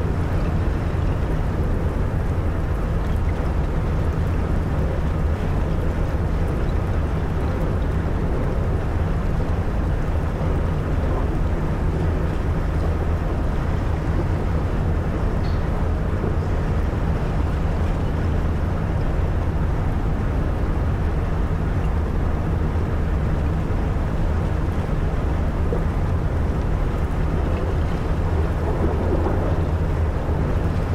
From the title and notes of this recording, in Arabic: الكاسحة الجليدية التي تبحر في بحر البلطيق المتجمد قرب لابلاند الساحرة في فنلندا. همهمة محركات السفينة الإيقاعية وهي تشق طريقها عبر المياه الجليدية.